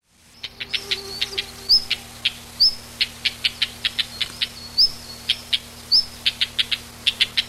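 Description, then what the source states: Common redstart giving a few rising whistled notes among many sharp clicking ticks in steady succession. Recorded on 23 June 1991.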